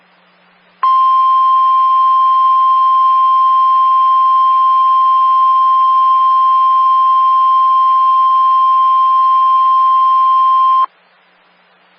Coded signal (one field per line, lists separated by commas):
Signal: Emergency Alert System (SAME) tones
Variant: 1050 Hz attention tone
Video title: [TRIPLE HEADER!] NOAA Weather Radio - EAS #508 - 510 - Winter Storm Warning - 3/2/14 7:13 AM